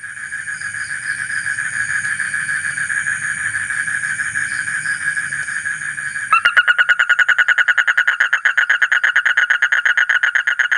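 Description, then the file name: Asian common toad starts a fast pulsed trill after about six seconds of steady hissing hum and low rumble. "suara kodok bangkong kolong kodok buduk"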